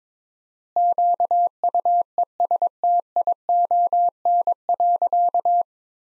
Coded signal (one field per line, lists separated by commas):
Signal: Morse code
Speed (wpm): 22 wpm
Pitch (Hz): 700 Hz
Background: none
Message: QUESTION.